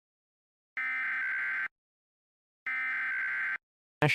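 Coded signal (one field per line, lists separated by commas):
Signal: Emergency Alert System (SAME) tones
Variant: header bursts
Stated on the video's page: Fictional mock alert, simulated.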